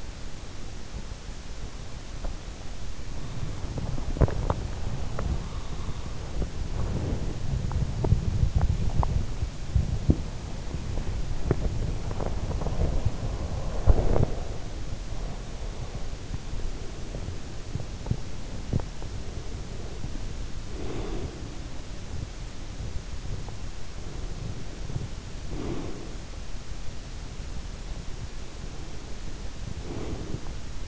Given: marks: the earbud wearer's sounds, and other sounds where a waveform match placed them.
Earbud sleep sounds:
sounds in sleep by an in-ear microphone; swallowing, body movement, teeth grinding, breath
1.96-4.92 s: swallowing
2.98-19.44 s: body movement
5.10-5.32 s: teeth grinding
7.58-9.35 s: teeth grinding
11.43-12.93 s: swallowing
12.67-16.29 s: breath
16.96-18.91 s: teeth grinding
19.44-21.64 s: breath
23.97-26.58 s: breath
28.23-30.88 s: breath

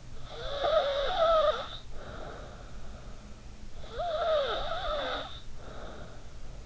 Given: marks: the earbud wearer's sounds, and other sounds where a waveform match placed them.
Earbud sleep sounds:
sounds in sleep by an in-ear microphone; snoring breath
0.12-2.87 s: snoring breath
3.67-6.66 s: snoring breath

